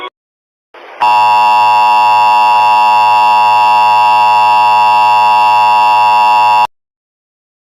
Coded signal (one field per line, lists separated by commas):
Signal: Emergency Alert System (SAME) tones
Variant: 853 and 960 Hz attention tone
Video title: Burning Earth: Remastered (EAS Christmas Special)